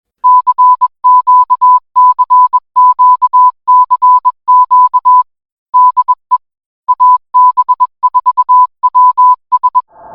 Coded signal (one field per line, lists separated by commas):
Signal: Morse code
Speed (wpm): 21 wpm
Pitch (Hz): 1000 Hz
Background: none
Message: CQCQCQ DE AB4WS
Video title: AB4WS RADIO SHOW 2025 05 23